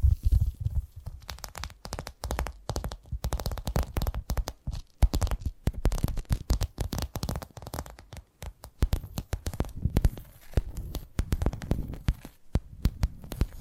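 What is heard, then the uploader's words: Tapping triggers in quick, irregular bursts of sharp taps, some dull and thumpy, others with a bright clicky edge. The taps come densely in clusters with brief pauses between, and a soft crinkling texture runs underneath. ASMR 10 Addictive Tapping Triggers. (No Talking).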